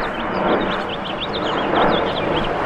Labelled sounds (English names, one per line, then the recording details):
House Finch song
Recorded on Long Island, New York, on 6 June 2011
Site FL
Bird A